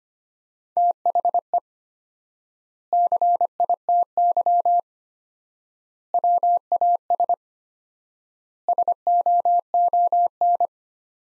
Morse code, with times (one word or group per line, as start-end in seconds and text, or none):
0.8-1.6 THE
2.9-4.8 CITY
6.1-7.3 WAS
8.7-10.7 SOON